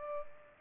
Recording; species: mosquito wingbeat signal from an infrared sensor; Culex pipiens